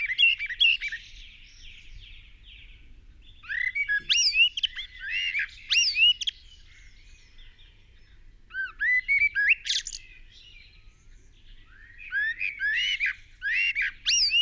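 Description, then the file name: Common blackbird song: four separate phrases of fluty warbling notes and high squeaky twitters, with short quiet pauses between them. "Turdus merula"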